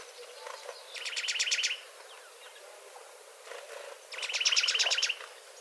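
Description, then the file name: Juniper titmouse song: two fast trills of evenly spaced high chirps, each about a second long, over steady background hiss with faint other notes. "baeolophus ridgwayi"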